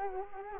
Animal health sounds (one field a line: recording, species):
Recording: mosquito wingbeat signal from an infrared sensor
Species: Culex quinquefasciatus